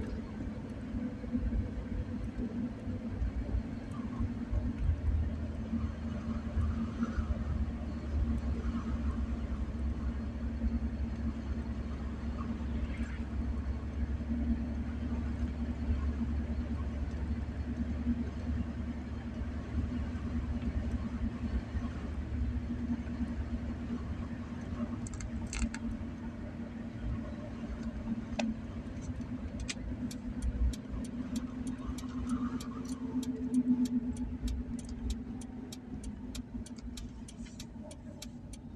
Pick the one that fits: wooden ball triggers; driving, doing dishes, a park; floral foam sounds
driving, doing dishes, a park